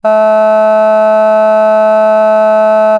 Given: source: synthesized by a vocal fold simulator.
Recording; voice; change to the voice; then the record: sustained vowel; female; vocal strain, level 2 of 10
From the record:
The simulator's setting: 0.11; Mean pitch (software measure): 216 Hz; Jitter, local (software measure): 0.17%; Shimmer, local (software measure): 1.1%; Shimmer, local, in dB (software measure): 0.09 dB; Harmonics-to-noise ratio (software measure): 33.5 dB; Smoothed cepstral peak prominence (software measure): 19.4 dB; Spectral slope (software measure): -23.1 dB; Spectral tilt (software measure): -8.6 dB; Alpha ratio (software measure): -13.6 dB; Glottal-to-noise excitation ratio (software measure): 0.981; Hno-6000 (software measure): 2.4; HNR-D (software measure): 40.5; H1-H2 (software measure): 8.5 dB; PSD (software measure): 2.3e-05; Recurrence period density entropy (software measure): 0.129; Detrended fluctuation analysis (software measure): 0.0160